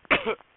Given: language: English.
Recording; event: throat vibration sensor signal played as sound; cough